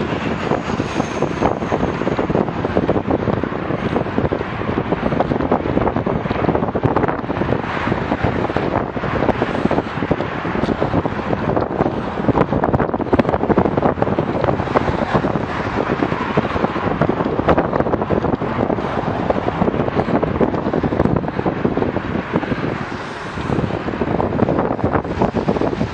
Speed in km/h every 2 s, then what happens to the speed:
21, 22, 23, 23, 24, 24, 24, 24, 24, 24, 22, 21, 17.
0-18 steady at about 24. 18-26 slows to 17.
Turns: none.